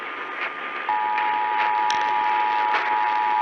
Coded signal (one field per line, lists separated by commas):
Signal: Emergency Alert System (SAME) tones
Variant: 853 and 960 Hz attention tone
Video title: Tennessee Mockery from Utah... EAS Alerts from 10/5/20-10/23/20 (EAS #392-404)